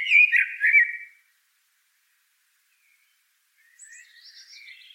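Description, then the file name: Common blackbird song: a short mellow fluted phrase, a long pause, then faint high twittering notes. "Turdus merula"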